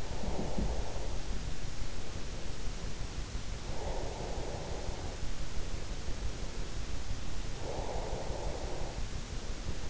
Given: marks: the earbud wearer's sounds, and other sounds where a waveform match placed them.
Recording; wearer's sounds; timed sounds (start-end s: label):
sounds in sleep by an in-ear microphone; breath, teeth grinding
0.00-2.89 s: breath
0.14-0.71 s: teeth grinding
3.49-5.59 s: breath
7.34-9.25 s: breath